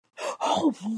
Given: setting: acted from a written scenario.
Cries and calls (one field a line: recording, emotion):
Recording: vocal sound without words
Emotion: negative surprise